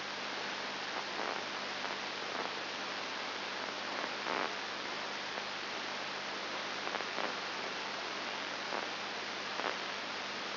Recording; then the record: brain microelectrode recording played as sound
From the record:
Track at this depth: outside the subthalamic nucleus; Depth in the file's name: 6.5 mm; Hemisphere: left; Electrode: 2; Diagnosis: Parkinson's disease